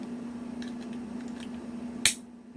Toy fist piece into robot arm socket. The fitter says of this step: we go click and then